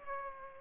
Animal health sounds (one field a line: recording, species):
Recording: mosquito wingbeat signal from an infrared sensor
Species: Aedes aegypti